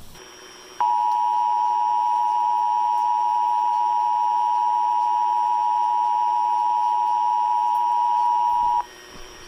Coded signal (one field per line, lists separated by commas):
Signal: Emergency Alert System (SAME) tones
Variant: 853 and 960 Hz attention tone